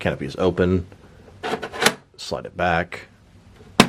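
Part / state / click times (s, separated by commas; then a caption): canopy into the toy car body / seated / 3.8 s. Someone talks while the plastic canopy of a McFarlane DC Multiverse '89 Batmobile toy car, with Batman inside, is slid back and pushed down onto the car body. A sharp snap is heard at 3.8 s as the canopy locks shut into place.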